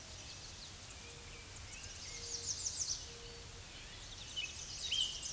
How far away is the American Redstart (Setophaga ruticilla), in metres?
about 40 m